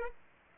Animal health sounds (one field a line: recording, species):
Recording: mosquito wingbeat signal from an infrared sensor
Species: Aedes aegypti